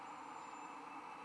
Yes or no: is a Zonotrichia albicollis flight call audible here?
no